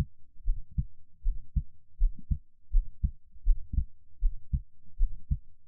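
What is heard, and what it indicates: Soft, deep paired thumps repeat steadily at about 80 beats a minute, each a lub followed closely by a dub, with no talking. This is an adult's own heartbeat heard close up for ASMR listening, with a faint low hum between beats.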